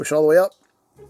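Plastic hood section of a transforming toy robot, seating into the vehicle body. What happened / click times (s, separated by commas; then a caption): Handled, not yet home: plastic part not yet snapped into place / none. A plastic section of a Studio Series '86 Transformers toy robot (Ironhide & Prowl) is being pushed all the way up into the vehicle body to form the hood during transformation. Someone talks for about the first half second, followed by near silence and a faint low sound near the end. Nothing has seated or clicked yet.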